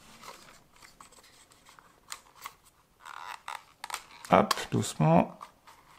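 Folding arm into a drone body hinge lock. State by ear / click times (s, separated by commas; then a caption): not seated / none. Someone gently unfolds the folding arm of a small plastic EACHINE E520S foldable camera drone (4K HD, GPS, 5G WiFi) toward its hinge lock in the drone body. Soft scraping, rubbing and a few short sharp handling taps are heard while someone talks. The arm is still being handled and nothing has seated or clicked yet.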